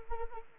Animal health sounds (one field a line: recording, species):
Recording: mosquito wingbeat signal from an infrared sensor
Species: Anopheles arabiensis